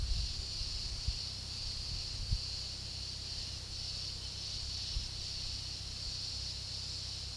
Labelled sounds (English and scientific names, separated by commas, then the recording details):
none
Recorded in pastures near Puerto Asís, Putumayo, Colombia, on 19 February 2024 at 11:00
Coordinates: 0.486, -76.323
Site G6462